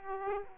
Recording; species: mosquito wingbeat signal from an infrared sensor; Aedes aegypti